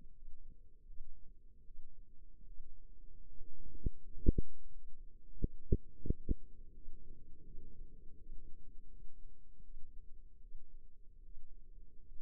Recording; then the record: forearm muscle sounds (acoustic myography)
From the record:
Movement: rest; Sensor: system 2, bracelet of six BSWA MPA416 microphones around the upper forearm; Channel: 1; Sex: female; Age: 23 years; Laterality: right